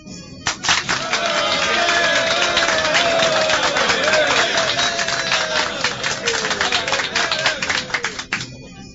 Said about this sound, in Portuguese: Uma hora depois, em pleno espetáculo, Plínio Severus é aplaudido pela população de Pompeia como um dos vitoriosos do Império.